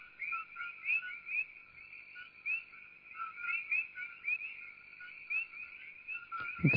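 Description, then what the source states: Coqui frog calls: many high, whistled chirps, each rising or falling briefly, overlapping in a steady chorus, with a sudden low thump near the end. Described as high-frequency sounds.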